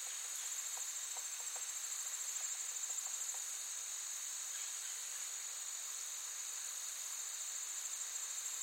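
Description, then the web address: Insect chorus: dense high buzzing bands held steadily, gently pulsing early on, with a few soft low ticks in the first seconds. Forest ambience with active insects, looped. "Blastwave AMBIENCE Forest. forest active insects birds loop"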